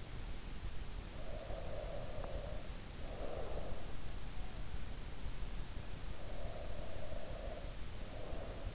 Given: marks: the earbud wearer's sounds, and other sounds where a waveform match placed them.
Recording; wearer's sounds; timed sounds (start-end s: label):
sounds in sleep by an in-ear microphone; breath
1.21-3.95 s: breath
6.18-8.75 s: breath